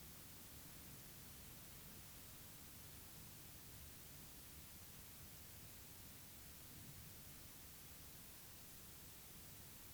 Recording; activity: daily activity, guitar pickup as the sensor; lie down